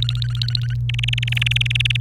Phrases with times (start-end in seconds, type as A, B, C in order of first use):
0.00-0.74 A, 0.89-2.00 B